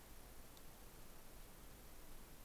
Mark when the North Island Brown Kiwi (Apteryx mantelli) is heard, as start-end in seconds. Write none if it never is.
none